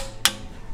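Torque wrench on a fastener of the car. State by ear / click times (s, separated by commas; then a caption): torque reached / 0.2 s. During an oil and filter change on a GTR, a torque wrench is tightened on a fastener of the car. A single sharp metallic click sounds at 0.3 s over a quiet, low background hum. The wrench has reached its torque setting.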